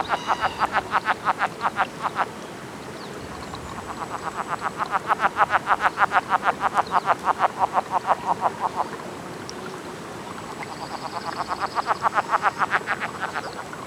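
Cascades frog encounter calls: several bursts of rapid clucking pulses, one long run in the middle and shorter runs at start and end.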